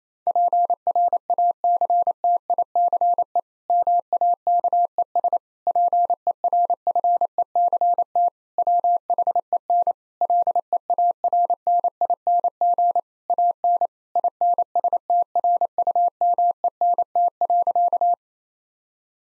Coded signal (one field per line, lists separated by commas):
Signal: Morse code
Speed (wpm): 28 wpm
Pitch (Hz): 700 Hz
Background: none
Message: PRACTICE MAKES PERFECT WHEN LEARNING AN INSTRUMENT.